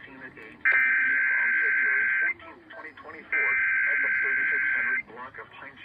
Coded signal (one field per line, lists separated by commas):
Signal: Emergency Alert System (SAME) tones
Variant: header bursts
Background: speech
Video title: EAS 170-171 CAE (2/17/24)